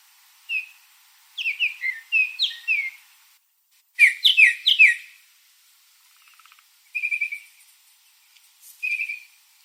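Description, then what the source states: Bird calls in short bursts of bright, downward-sweeping whistled chirps, some grouped in fast runs of four or five, with brief silences between. Arizona.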